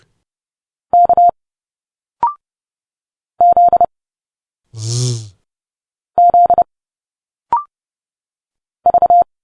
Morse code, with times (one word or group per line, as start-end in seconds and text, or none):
0.9-1.3 K
3.4-3.8 Z
6.2-6.6 Z
8.9-9.2 V